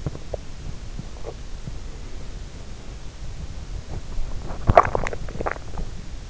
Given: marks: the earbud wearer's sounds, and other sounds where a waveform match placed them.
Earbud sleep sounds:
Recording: sounds in sleep by an in-ear microphone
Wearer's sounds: teeth grinding, body movement, swallowing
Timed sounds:
0.00-1.41 s: teeth grinding
3.75-4.93 s: body movement
4.13-5.98 s: swallowing

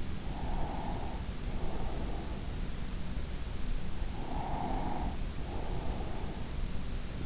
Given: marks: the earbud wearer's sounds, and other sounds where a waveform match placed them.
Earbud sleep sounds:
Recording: sounds in sleep by an in-ear microphone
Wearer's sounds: breath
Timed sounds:
0.30-2.50 s: breath
4.15-6.38 s: breath

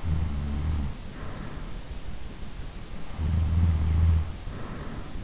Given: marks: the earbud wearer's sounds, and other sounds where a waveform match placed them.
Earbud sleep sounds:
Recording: sounds in sleep by an in-ear microphone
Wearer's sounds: snoring breath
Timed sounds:
0.00-1.47 s: snoring breath
3.03-4.96 s: snoring breath

